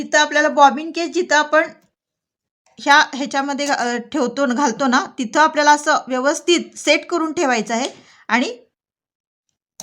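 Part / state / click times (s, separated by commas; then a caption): bobbin case into sewing machine shuttle housing / seated / 9.8 s. A sewing machine bobbin case is set into the bobbin housing and pushed home while someone talks. It gives a sharp click at 9.8 s, showing the bobbin case is properly seated.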